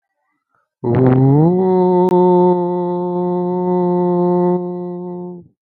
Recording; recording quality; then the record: sustained vowel as in boot; excellent, no background noise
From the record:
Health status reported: healthy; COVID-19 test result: not tested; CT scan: not taken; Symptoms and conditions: none ticked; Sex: male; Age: 24 years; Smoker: no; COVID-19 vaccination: one dose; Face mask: not worn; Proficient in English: yes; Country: India